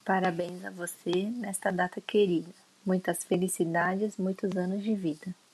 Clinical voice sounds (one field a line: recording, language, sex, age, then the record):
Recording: short text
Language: Brazilian Portuguese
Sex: female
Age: 30 to 39 years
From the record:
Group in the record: control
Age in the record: 33 years